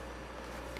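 A rechargeable battery pack is pushed into the battery compartment of a Canon FS100 camcorder. Over a steady low background hum, a short sharp click sounds at 0.8 s as the battery seats in place.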